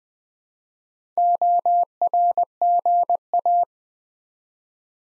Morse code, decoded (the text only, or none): ORGA